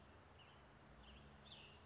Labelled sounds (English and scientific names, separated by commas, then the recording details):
Cassin's Vireo (Vireo cassinii)
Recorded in Sonoma County, California